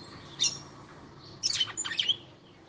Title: Canto Galo Campina Fêmea. FÊMEA DE GALO DE CAMPINA FOGOSA CANTANDO PRO MACHO